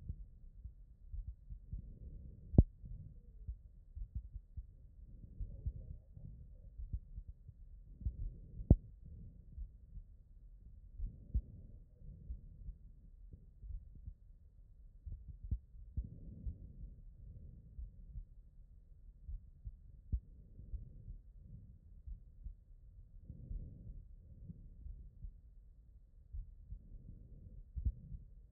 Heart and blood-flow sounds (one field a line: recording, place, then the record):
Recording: heart sounds by stethoscope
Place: aortic valve (AV)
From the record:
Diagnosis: non-HFrEF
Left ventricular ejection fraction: 55%